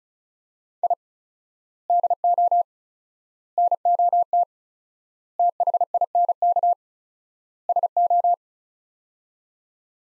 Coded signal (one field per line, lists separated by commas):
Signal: Morse code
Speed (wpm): 36 wpm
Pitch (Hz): 700 Hz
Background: none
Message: I DO NOT THINK SO